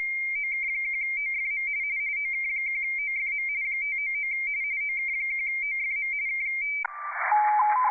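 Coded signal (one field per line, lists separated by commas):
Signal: RTTY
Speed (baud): 45.45 baud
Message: OK1OFM OK1OFM 599 OK1OFM K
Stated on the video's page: RTTY contest operation on 30 m, keyed by contest software with integrated Cocoamodem.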